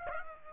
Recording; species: mosquito wingbeat signal from an infrared sensor; Aedes aegypti